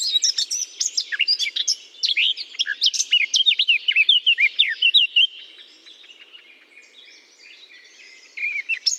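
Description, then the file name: Eurasian blackcap song: a fast jumble of twittering and fluty whistled notes for about five seconds, a quiet pause, then the song restarts briefly. Singing in holly. "chant de fauvette a tete noire dans houx"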